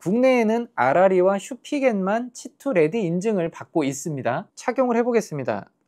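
Someone talks throughout while a hard, clear polycarbonate MagSafe case is handled for fitting onto a Samsung Galaxy Z Fold7 foldable phone. Only speech is heard, with short pauses between phrases. The case has not snapped or seated onto the phone yet.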